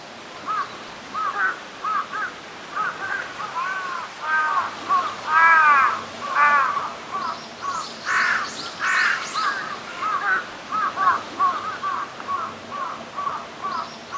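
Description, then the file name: Bird calls: a long series of harsh, cawing notes, mostly single with some short runs, joined midway by higher thin notes, over constant background hiss. "Birds Chirping"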